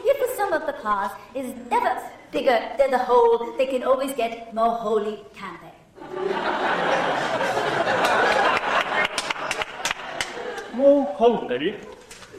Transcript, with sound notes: If the sum of the parts is never bigger than the whole, they can always get more holy, can't they?
(laughing)
More holy?